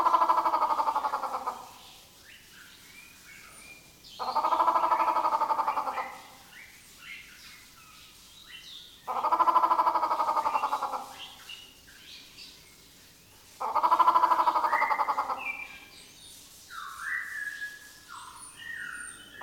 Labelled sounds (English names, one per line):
Grey Peacock-Pheasant